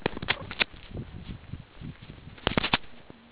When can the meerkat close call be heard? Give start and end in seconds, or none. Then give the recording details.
none. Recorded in the Kuruman River Reserve, South Africa. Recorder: an audio tag on a meerkat's collar